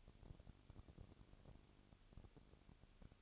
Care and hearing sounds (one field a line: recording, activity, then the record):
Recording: daily activity, microphone in the room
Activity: no activity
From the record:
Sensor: 4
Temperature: 22.3 degrees Celsius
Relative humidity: 32.7%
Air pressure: 1001.9 hPa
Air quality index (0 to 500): 186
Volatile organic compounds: 4 ppm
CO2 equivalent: 1639 ppm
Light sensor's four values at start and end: 2/3/1/1 and 2/3/1/1